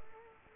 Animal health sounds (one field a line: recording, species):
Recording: mosquito wingbeat signal from an infrared sensor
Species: Culex quinquefasciatus